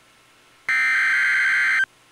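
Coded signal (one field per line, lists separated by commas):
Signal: Emergency Alert System (SAME) tones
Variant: header bursts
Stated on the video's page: NOAA Weather Radio tornado warning from the Minneapolis station.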